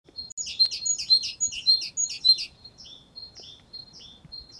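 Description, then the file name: Great tit calls: a rapid run of sharp, high chirping notes for two and a half seconds, then softer, thinner notes spaced out until the end. "Parus major"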